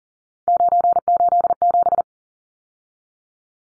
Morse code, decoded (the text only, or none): 987